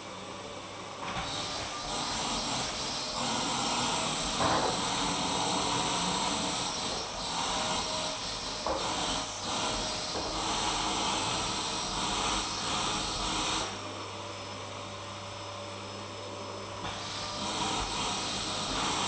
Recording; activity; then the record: daily activity, microphone in the room; vacuum cleaning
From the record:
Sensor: 1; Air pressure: 999.3 hPa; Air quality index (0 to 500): 206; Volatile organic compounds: 48 ppm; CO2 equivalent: 3262 ppm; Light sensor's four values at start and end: 9/21/8/9 and 9/21/8/9